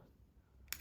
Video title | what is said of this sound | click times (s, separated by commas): Display HUAWEI P Smart FIG-LX1 sostituzione - Replacement Display HUAWEI P Smart FIG-LX1 | vous avez entendu qu'il est allé parfait | 0.7 s